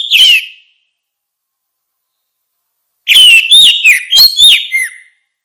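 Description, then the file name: Orange-headed thrush giving a short whistled note, then after a pause a varied phrase of clear slurred whistles and sharp chips. "suara kicau burung anis merah"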